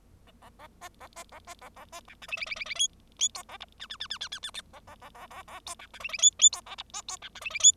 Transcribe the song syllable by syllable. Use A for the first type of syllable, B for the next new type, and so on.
A A B A B A B A A B C D E E E E E F F G A H I I I I I I I I A A A A A A G C D E E F F G A H B G C D E E F